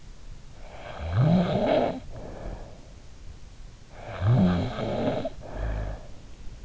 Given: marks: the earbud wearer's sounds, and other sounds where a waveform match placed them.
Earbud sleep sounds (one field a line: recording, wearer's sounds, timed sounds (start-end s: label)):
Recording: sounds in sleep by an in-ear microphone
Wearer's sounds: snoring breath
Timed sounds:
0.55-2.93 s: snoring breath
3.90-6.08 s: snoring breath